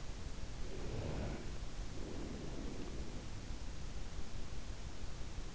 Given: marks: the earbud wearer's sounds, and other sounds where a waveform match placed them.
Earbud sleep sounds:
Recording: sounds in sleep by an in-ear microphone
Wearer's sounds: breath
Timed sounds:
0.61-3.35 s: breath

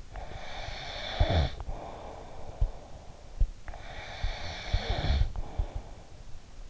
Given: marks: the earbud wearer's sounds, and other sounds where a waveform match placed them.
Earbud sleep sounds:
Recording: sounds in sleep by an in-ear microphone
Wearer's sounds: snoring breath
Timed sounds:
0.00-3.18 s: snoring breath
3.83-6.33 s: snoring breath

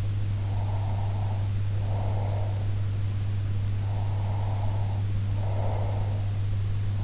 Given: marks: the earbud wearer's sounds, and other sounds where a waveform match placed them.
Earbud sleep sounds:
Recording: sounds in sleep by an in-ear microphone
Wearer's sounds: breath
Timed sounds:
0.51-2.74 s: breath
3.76-6.25 s: breath

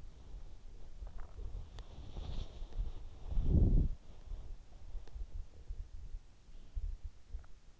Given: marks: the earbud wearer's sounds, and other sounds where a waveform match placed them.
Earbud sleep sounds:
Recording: sounds in sleep by an in-ear microphone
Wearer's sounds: breath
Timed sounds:
2.12-4.04 s: breath

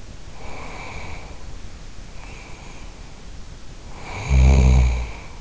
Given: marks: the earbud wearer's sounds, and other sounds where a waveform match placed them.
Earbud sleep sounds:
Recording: sounds in sleep by an in-ear microphone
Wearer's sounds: breath, snoring breath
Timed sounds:
0.24-3.22 s: breath
3.83-5.37 s: snoring breath

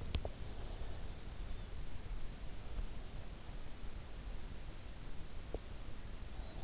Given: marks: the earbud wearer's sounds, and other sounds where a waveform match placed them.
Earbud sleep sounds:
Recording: sounds in sleep by an in-ear microphone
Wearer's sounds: teeth grinding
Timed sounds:
0.00-0.45 s: teeth grinding
5.42-5.78 s: teeth grinding

